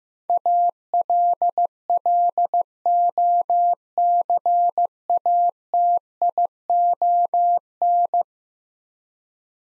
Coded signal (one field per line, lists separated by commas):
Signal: Morse code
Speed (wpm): 16 wpm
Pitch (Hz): 700 Hz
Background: none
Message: ALLOCATION